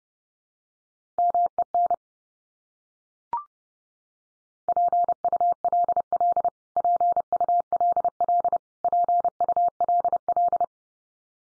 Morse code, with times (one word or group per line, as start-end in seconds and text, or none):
1.2-1.9 MEN
4.7-6.5 PULL
6.8-8.6 PULL
8.8-10.6 PULL